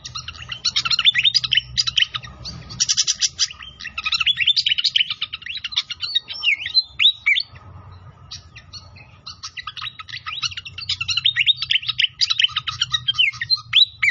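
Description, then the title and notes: Pied fantail song: long, continuous stream of scratchy high chatter and swooping whistles with brief lulls, accompanied by a low rumbling, trickling background. Masteran training recording of a clear-voiced song mixed with the sound of trickling water; the notes also name Sikatan Londo. "Masteran Sikatan Kipas Suara Jernih Dan Suara Gemericik Air. Suara Burung Sikatan Londo"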